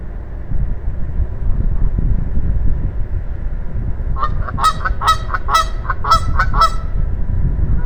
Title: geese taking flight in a parking lot